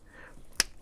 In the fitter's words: we put it in a dual beam port and you have to hear the click because